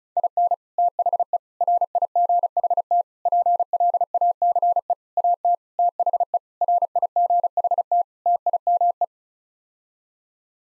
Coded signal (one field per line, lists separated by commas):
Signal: Morse code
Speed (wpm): 34 wpm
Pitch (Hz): 700 Hz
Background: none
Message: IN THE RIGHT PLACE AT THE RIGHT TIME